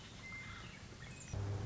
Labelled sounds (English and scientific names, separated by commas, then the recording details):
Western Meadowlark (Sturnella neglecta)
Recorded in Sonoma County, California